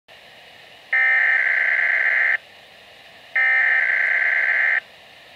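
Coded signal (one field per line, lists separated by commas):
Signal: Emergency Alert System (SAME) tones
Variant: header bursts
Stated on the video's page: Canadian Weatheradio weekly test with warning summary.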